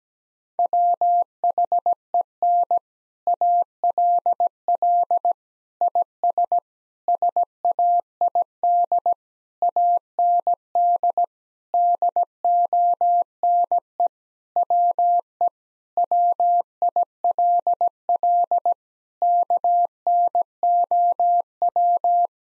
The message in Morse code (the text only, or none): WHEN ALL IS SAID AND DONE WE WILL KNOW